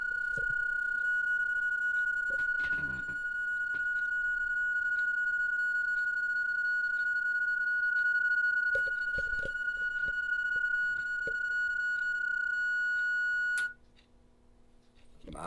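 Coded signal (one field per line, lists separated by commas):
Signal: PSK31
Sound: one steady pure-sounding tone near 1.45 kHz lasting about 14 seconds, then stops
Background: room clicks and knocks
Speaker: then we'll go into send mode and we'll hit cq i'm out of send mode i'm into receive mode now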